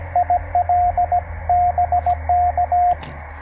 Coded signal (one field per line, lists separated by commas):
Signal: Morse code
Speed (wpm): 19 wpm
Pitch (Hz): 690 Hz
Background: radio noise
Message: IL BK